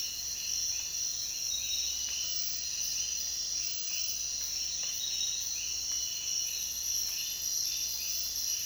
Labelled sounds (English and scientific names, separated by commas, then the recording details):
none
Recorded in dense forest near Puerto Asís, Putumayo, Colombia, on 22 June 2025 at 05:00
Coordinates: 0.466, -76.327
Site GP04